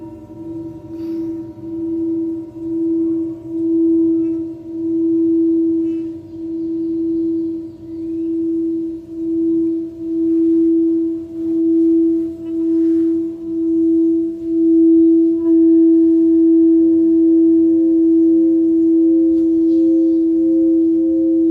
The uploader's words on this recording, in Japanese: メキシコから シンギングボウルのサウンドヒーリング ライブ。